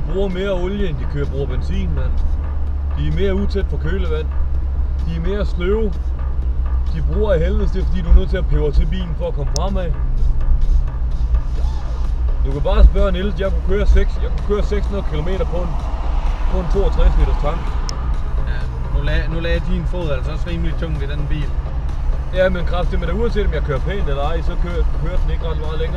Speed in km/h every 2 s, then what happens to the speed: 52, 51, 48, 45, 45, 46, 44, 44, 44, 45, 47, 49, 49.
0-6 slows to 45. 6-26 steady at about 45.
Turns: none.